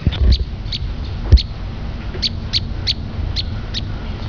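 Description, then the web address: Tailorbird calls: several sharp, high notes at uneven intervals over a low rumbling background. "birdcall Ctailor"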